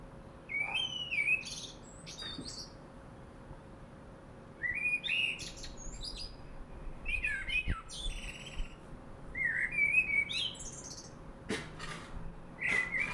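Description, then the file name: Common blackbird song with repeated fluty, slurred phrases, each trailing into high squeaky notes, spaced a few seconds apart; a couple of sharp clicks. "Turdus merula"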